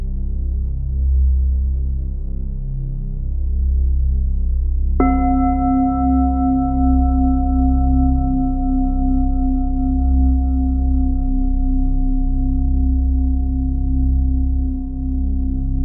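A low, rumbling drone pulses slowly underneath throughout. About five seconds in, a big Tibetan singing bowl is struck, and its ringing tones hold steady and sustain to the end, the higher overtones fading within a few seconds while the lower ones keep ringing.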